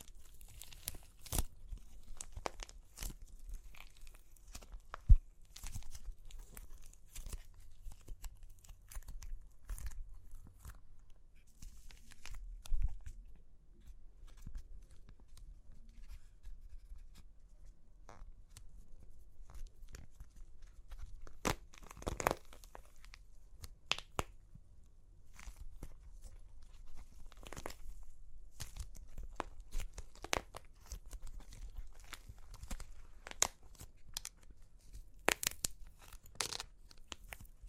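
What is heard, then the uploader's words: Dry clay cracks and crunches in irregular bursts, sharp bright snaps scattered throughout, with notably loud ones near 5, 13 and 22 seconds. Between the cracks runs a soft, low rumbling crumble, and the crunching grows denser after about 25 seconds. Super Crunchy Clay Cracking (No Talking).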